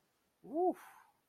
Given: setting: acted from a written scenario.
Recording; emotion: vocal sound without words; relief